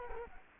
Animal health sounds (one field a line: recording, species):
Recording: mosquito wingbeat signal from an infrared sensor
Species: Culex quinquefasciatus